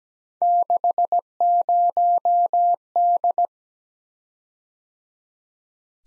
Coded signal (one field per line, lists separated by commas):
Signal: Morse code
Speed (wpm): 17 wpm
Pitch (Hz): 700 Hz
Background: none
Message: 60D